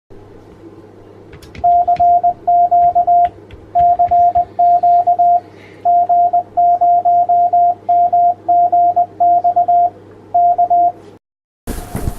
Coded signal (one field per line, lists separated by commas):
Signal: Morse code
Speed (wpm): 20 wpm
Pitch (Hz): 700 Hz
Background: radio noise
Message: CQ CQ G0MGX K